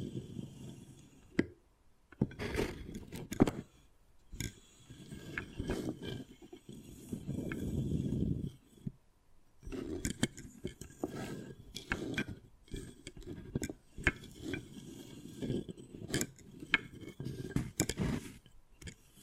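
Wood carving with irregular tapping and scratching, short sharp knocks scattered throughout and rougher scraping passages in between. A longer, denser low rasping stretch builds around seven to nine seconds, followed by a brief pause before busy, uneven scraping and tapping resume.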